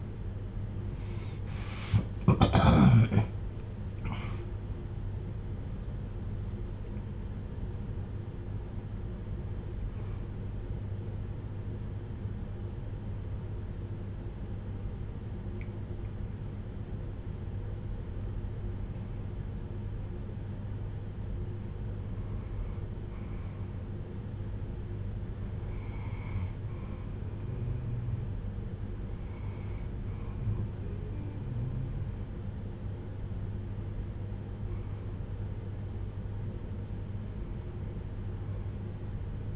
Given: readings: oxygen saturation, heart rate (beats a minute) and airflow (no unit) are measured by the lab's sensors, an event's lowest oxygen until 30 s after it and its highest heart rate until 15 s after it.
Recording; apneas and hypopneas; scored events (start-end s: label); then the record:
a person awake in a sleep study, by a smartphone at the bedside; 1
0.00-27.00 s: awake
6.00-22.90 s: hypopnea (scored as awake, oxygen 97% highest, then 95% lowest)
20.00-39.56 s: new sleep stage, N1 (lightest sleep)
From the record:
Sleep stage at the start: awake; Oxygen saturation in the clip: 93 to 98%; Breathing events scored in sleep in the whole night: 310 in 8.1 hours asleep